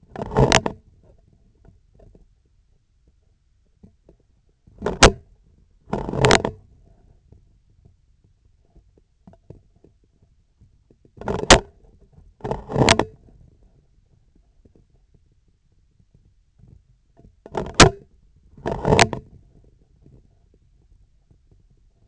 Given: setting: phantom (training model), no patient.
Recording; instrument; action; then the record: laparoscopic instrument, vibration sensor on the handle end; scissors; opening and closing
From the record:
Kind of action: tool actuation without material contact